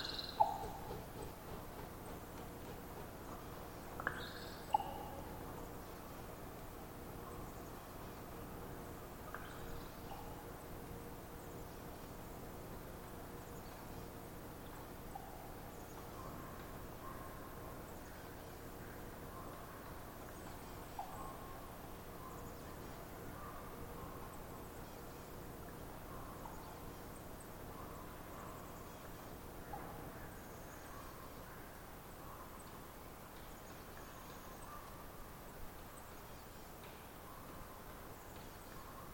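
A raven perched somewhat high and off at a distance makes short twittering calls and a few sharp pops, clearest near four to five seconds, then scattered softer calls through the rest. A steady low hum and faint traffic-like rumble run underneath throughout.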